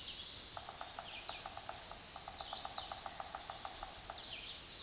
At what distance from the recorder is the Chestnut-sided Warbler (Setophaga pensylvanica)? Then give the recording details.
about 25 m. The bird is about 10 m above the microphone. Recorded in a Pennsylvania forest on 16 May 2024 at 06:13. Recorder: AudioMoth, point MSD-2208. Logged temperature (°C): 15.2 °C. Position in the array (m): 160 m, 105 m